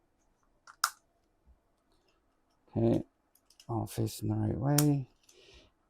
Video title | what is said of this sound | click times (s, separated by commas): BinaryBin – 16-Digit Binary Coded Lockable Container | like that. You'll kind of hear it snap. | 0.8 s